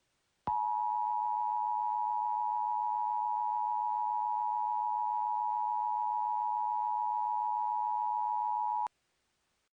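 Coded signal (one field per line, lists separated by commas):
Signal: Emergency Alert System (SAME) tones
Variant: 853 and 960 Hz attention tone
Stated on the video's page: Fictional EAS scenario.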